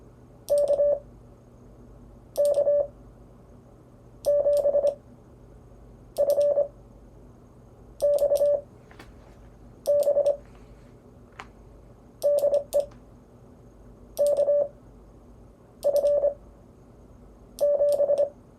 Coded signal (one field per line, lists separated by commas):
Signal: Morse code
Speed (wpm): 25 wpm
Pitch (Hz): 580 Hz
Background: none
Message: KK7FXB DE KF7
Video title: Anatomy of a CW QSO